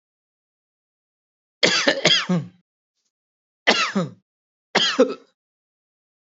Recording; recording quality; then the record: heavy voluntary cough; excellent, no background noise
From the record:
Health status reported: healthy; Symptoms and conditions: none ticked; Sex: male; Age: 38 years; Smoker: not ticked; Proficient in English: yes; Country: India